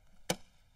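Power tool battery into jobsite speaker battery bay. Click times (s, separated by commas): 0.3 s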